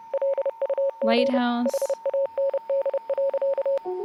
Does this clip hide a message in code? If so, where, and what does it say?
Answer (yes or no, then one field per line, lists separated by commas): yes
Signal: Morse code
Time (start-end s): 0.1-3.8 s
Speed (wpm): 29 wpm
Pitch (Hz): 550 Hz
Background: speech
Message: LUG HAND.